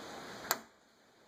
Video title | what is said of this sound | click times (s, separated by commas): Nite Latching Traps | there's your click okay | 0.5 s